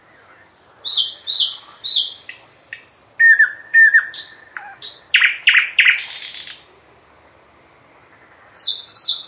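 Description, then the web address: Nightingale song with repeated downslurred notes, a steady whistled series, loud sharp strokes and a buzzy trill, then a brief silence before new high notes. "Physics is fun. slowik"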